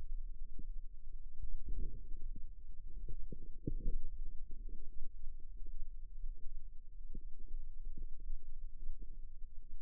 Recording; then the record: forearm muscle sounds (acoustic myography)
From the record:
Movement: wrist flexion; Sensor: system 2, bracelet of six BSWA MPA416 microphones around the upper forearm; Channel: 2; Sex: female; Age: 22 years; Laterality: right